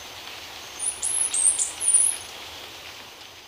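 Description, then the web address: Chestnut-capped brush finch giving a few sharp, very high, thin notes over a steady background hiss. Recorded in Ecuador. "Birds of Ecuador. Chestnut-capped Brush-Finch"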